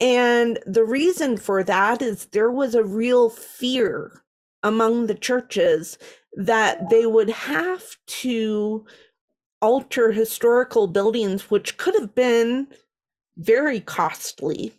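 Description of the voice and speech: Slow, deliberate female speech with stretched sounds and frequent pauses, a speech impediment in an adult woman, an ordained minister, who has had disabilities since birth, particularly affecting her speech.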